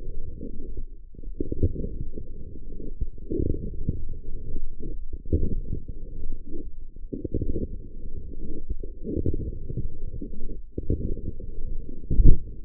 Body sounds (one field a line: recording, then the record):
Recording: forearm muscle sounds (acoustic myography)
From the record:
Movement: forearm pronation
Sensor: system 1, eight BSWA MPA416 microphones around the upper forearm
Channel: 6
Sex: female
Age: 20 years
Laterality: right